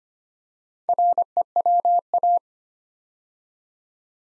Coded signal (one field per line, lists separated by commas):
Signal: Morse code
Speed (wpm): 25 wpm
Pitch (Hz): 700 Hz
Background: none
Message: REWA